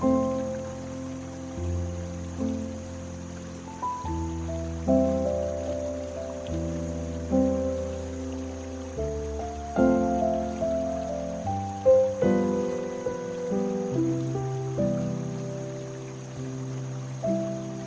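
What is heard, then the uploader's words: Soft piano plays slow, sustained chords that shift every second or two over a deep low register, each new chord swelling gently. A steady high shimmer and faint hiss of water run quietly underneath throughout. Soft piano blended with soothing water and crickets to create the perfect relaxing ambiance.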